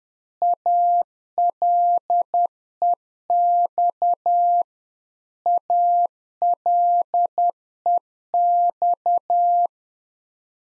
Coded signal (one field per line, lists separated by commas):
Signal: Morse code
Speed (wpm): 10 wpm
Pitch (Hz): 700 Hz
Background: none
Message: ALEX ALEX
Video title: Practice QSO - Exchange 1- Beginning - 10wpm